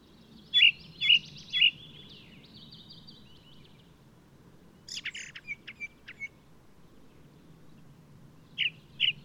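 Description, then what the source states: Ring ouzel piping three strong notes, followed by a dry, scratchy warble of quick chips, ending with two clear notes. Singing male of the alpine subspecies alpestris, recorded 22 May 2018 at Důl Bílého Labe in the Krkonoše mountains, Czech Republic.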